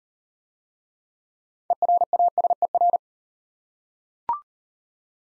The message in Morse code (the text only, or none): ERASER